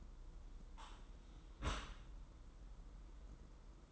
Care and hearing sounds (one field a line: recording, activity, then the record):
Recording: daily activity, microphone in the room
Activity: close dishwasher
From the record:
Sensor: 3